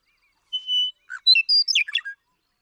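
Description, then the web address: Western meadowlark delivering a single song phrase: steady whistled note, then a hurried, flute-like cascade of slurred notes. "birdsongforthecurious Western Meadowlark"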